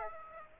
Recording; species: mosquito wingbeat signal from an infrared sensor; Aedes aegypti